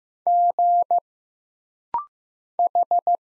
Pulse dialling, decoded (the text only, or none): none